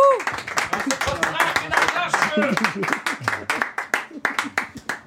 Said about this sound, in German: Das war schon sehr gut. Applaus. Vielen Dank. Dankeschön. Applaus, Dankeschön. Applaus, Applaus, Applaus.